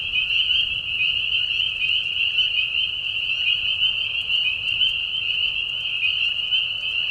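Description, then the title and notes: Spring peeper chorus: countless high piping whistles blending into one continuous ringing tone, unbroken throughout. Many spring peepers giving mating calls in a marsh at night during a short spring season, Tiny, Ontario, Canada; high whistles at low volume. "Peeper frogs in the spring. Peeper frogs in a marsh at night. This is a mating call that happens during a very short season in the Spring. Recorded at the Tiny Marsh Conservation area in Tiny, Ontario. Recorded by Anton Pickard. Part of the Music for Sleep project"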